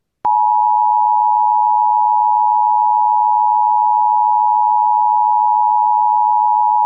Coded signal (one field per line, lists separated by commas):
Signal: Emergency Alert System (SAME) tones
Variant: 853 and 960 Hz attention tone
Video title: ALABAMA CHAOS | EAS Alerts from January 12th, 2023 (EAS #2173-2204)